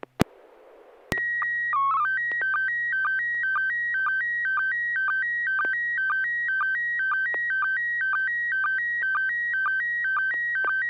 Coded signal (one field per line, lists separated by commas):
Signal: SSTV (slow-scan television)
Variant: PD 120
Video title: N6NA SSTV Net - 01/08/2025